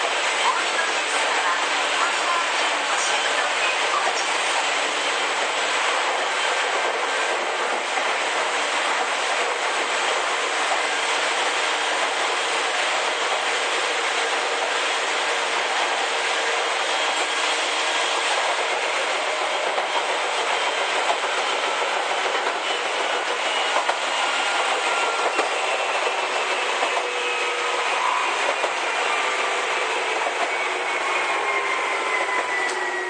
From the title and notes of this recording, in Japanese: 伊豆急8000系 伊豆高原〜伊豆急下田。全編成が３両編成でJR伊東線の熱海〜伊豆急の伊豆高原は3＋3の6両編成で運転。